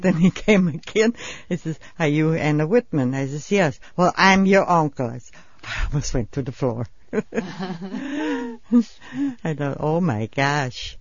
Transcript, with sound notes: Then he came again, he says, "Are you Anna Whitman?" I says, "Yes." "Well, I'm your uncle," he says. I almost went through the floor. (both laugh) I thought, "Oh, my gosh."